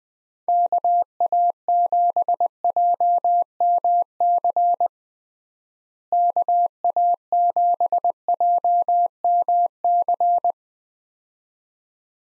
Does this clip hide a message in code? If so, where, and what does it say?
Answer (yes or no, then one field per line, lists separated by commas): yes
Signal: Morse code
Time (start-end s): 0.5-10.5 s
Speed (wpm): 21 wpm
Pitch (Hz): 700 Hz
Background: none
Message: KA7JMC KA7JMC